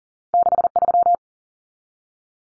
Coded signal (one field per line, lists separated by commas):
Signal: Morse code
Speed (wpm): 40 wpm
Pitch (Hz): 700 Hz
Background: none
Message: 63